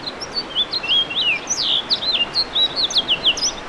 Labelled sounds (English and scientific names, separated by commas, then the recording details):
House Finch (Haemorhous mexicanus) song
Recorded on Long Island, New York, on 2 June 2012
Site CP
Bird B